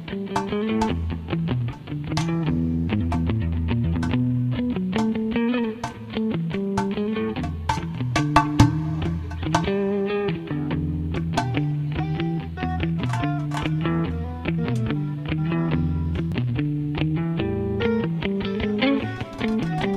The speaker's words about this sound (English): My guitar too loud?